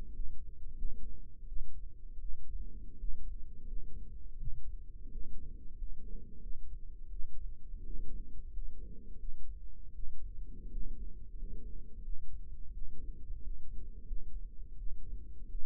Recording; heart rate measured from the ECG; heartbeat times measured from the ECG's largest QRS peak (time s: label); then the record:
heart sounds by microphone in the right ear; 86 bpm
0.13 s: heartbeat
0.76 s: heartbeat
1.45 s: heartbeat
2.18 s: heartbeat
2.98 s: heartbeat
3.65 s: heartbeat
4.36 s: heartbeat
5.09 s: heartbeat
5.75 s: heartbeat
6.39 s: heartbeat
7.08 s: heartbeat
7.83 s: heartbeat
8.51 s: heartbeat
9.17 s: heartbeat
9.92 s: heartbeat
10.69 s: heartbeat
11.36 s: heartbeat
12.02 s: heartbeat
12.70 s: heartbeat
13.40 s: heartbeat
14.04 s: heartbeat
14.75 s: heartbeat
15.47 s: heartbeat
From the record:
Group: healthy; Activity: rest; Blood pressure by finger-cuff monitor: 101/62 mmHg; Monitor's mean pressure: 71 mmHg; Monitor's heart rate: 87 bpm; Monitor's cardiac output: 6 L/min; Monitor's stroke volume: 70 mL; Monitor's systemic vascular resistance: 810 dyn s/cm5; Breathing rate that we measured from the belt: 24 breaths a minute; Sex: male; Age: 22 years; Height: 181 cm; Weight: 60 kg